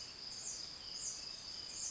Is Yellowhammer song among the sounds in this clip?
no